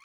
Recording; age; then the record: pig call; piglet (1 to 25 days)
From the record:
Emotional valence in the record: positive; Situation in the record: short reunion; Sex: female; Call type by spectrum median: low-frequency call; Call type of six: low-frequency tonal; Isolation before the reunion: 3 minutes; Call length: 0.05 s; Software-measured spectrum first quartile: 1271 Hz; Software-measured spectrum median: 2153 Hz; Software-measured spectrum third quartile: 2963 Hz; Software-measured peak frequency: 1121 Hz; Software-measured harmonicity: 9.6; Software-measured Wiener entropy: -2.62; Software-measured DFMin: 725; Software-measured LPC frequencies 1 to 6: 1143, 2338, 3237, 4334, 5175, 5993 Hz